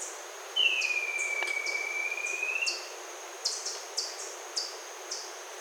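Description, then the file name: Bird producing a long, smooth whistle that falls a little and then stays level, surrounded by brief high chirps repeated irregularly and a faint constant hum. "SABIOD 50 bird 2015"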